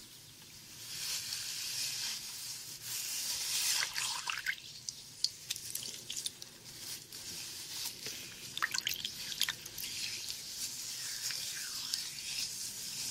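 Hair washing in a head spa, with a steady wet hiss of running water and splashing through most of the clip. Sharp drips, small squelches and brief watery clicks pop out irregularly, clustering around the middle and again near the end.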